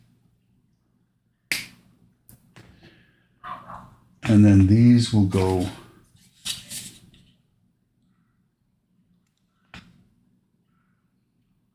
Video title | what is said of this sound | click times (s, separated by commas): Model Mania #90 (T-800 stages 104-??) | So push them both on there until they click. | 1.5 s